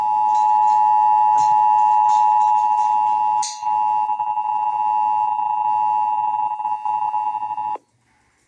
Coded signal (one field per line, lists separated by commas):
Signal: Emergency Alert System (SAME) tones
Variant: 853 and 960 Hz attention tone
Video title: (EAS #752-757) November 2024 Texas Required Monthly Test